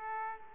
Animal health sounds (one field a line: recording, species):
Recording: mosquito wingbeat signal from an infrared sensor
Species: Aedes aegypti